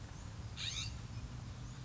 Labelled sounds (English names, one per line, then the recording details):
California Scrub-Jay
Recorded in Sonoma County, California